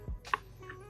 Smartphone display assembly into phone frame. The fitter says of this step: all right now we can finally we can finally give it that nice click